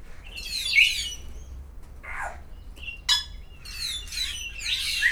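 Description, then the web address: Grey parrot giving harsh squawks, a lower note, a sharp short call, then more rasping calls, over a faint low hum. Captive birds at a zoo in Szeged, recorded in 2011. "szegedizoo. jakopapagaj"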